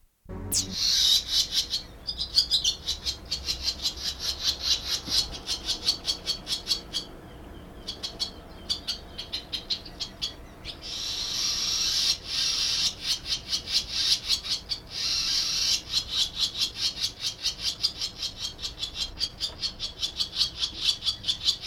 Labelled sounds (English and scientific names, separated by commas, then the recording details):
Barn Swallow (Hirundo rustica) call
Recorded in the wild
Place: Blumenholz, Mecklenburg-Vorpommern, DE
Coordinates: 53.454, 13.19
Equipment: Nagra III BH, Sennheiser MD 21
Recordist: Schubert, Michael